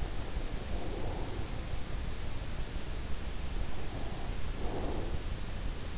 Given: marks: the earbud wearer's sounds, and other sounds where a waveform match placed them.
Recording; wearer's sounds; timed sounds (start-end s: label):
sounds in sleep by an in-ear microphone; breath
0.07-1.96 s: breath
3.51-5.51 s: breath